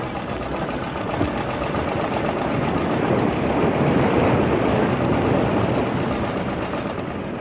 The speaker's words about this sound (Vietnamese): Khoảng 10 giờ sáng, lúc này mặt trời đã chói chang trên khung trời Đà Nẵng. Chúng tôi gồm 2 chiếc Hải Tốc Đỉnh nổ máy rời khỏi Đà Thành.